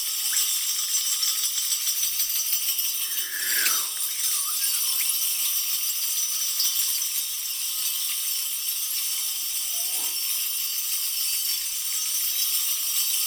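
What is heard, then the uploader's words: Small bells on a pair of reindeer antlers shimmer in a dense, continuous jingle, bright and high with almost no low end. The tinkling stays steady throughout, with a brief swell of louder shaking near four seconds and another softer one around ten. A pair of bell-embellished reindeer antlers play a central role in creating the soundscape.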